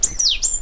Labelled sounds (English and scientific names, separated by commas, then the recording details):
Stitchbird (Notiomystis cincta) song
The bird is a male
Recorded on Tiritiri Matangi Island, New Zealand, in 2005
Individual 2, of nest box 2